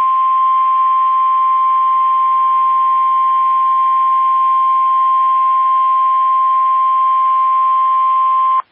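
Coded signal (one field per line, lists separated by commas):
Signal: Emergency Alert System (SAME) tones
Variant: 1050 Hz attention tone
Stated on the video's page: Virtual, simulated EAS severe thunderstorm warning.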